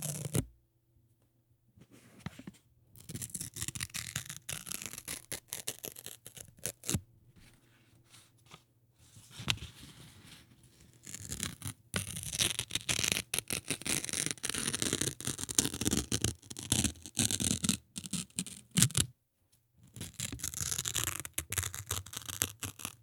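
Notebook paper is torn in a run of scratchy, crackling rips, dense and bright, starting about two seconds in and continuing with short pauses near 7, 9 and 19 seconds. A faint steady low hum sits underneath during the gaps.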